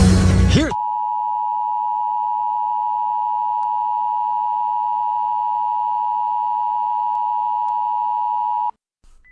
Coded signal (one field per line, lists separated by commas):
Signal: Emergency Alert System (SAME) tones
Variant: 853 and 960 Hz attention tone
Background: music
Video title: EAS Alert In Milwaukee, Wisconsin (April 30 2026) ERROR.